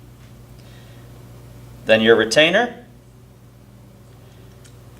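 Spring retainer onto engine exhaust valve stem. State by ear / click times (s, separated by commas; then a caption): not seated / none. A valve spring retainer is set gently onto the exhaust valve spring and stem of a Z11 engine, which has no seat on the exhaust valve, just the spring, before it is pushed down and shifted to lock. Someone talks briefly from about 1.9 to 2.8 seconds over a quiet background with no hits. Nothing has seated or clicked yet.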